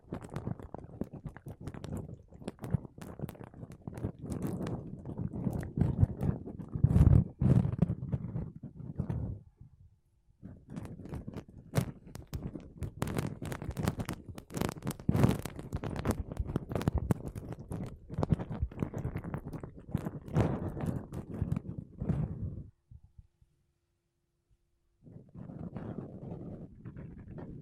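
Makeup brushes and a sponge rub over a microphone in dense, scratchy strokes, mostly low and muffled with sharp crackly flicks reaching up high. The rubbing runs nearly continuously, with short silent breaks around 10 seconds and again from about 23 to 25 seconds.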